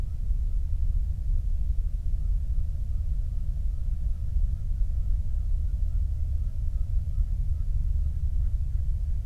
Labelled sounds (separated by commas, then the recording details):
waterfowl, flare stack
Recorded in the Prudhoe Bay oil fields, Alaska, on 8 July 2019 at 06:15
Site 25